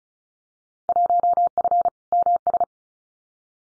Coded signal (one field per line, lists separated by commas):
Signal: Morse code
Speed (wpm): 34 wpm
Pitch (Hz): 700 Hz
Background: none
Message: 1F MS